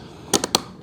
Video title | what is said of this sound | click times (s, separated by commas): Update your BMW M with carbon fiber - Easy DIY CF mirror caps | until it clicks just like that okay now your mirror is in and secure good job | 0.6 s